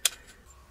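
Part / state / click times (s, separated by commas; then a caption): slide stop into pistol frame and slide notch / seated / 0.1 s. During reassembly of a Rock Island Armory 1911 Compact Ultra Tactical .45 ACP pistol, the steel slide stop is lined up with the notch in the slide and pushed into the frame. A single sharp, bright metallic click at 0.1 s marks it snapping into place, followed by faint fainter ticks and quiet handling. The slide stop is seated.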